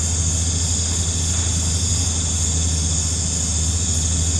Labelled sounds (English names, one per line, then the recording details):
none
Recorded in pastures near Puerto Asís, Putumayo, Colombia, on 18 December 2024 at 19:30
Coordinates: 0.466, -76.322
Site G040